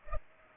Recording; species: mosquito wingbeat signal from an infrared sensor; Culex pipiens